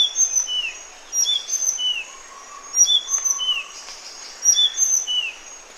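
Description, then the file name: Sunda blue flycatcher song of high, clear whistled notes, some sliding downward, in phrases repeated several times over a faint background hiss. "suara burung sikatan sunda. omkicau"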